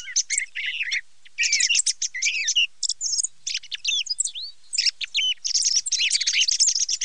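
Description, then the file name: Thrush singing in varied bursts of chirps, rising and falling whistled slurs and rapid trills, broken by short pauses. "TORDO"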